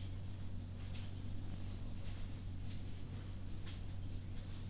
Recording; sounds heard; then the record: poultry house recording; no chicken sound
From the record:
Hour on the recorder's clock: 2